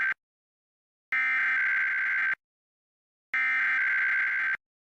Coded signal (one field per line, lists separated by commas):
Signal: Emergency Alert System (SAME) tones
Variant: header bursts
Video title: Pacific IPAWS Weekly EAS Test (10/16/23) (EAS #1,156-1,157)